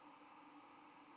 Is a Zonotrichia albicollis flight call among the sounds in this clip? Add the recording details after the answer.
no. Another species' flight call is heard. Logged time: 06:19 on 10 November 2014